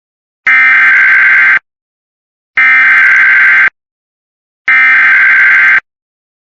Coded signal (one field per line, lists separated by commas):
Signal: Emergency Alert System (SAME) tones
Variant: header bursts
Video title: SVR (EAS 81)